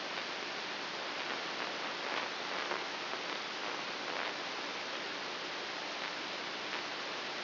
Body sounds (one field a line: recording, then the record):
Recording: brain microelectrode recording played as sound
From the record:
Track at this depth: inside the subthalamic nucleus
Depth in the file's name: 2.004 mm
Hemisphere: right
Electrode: 3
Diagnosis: Parkinson's disease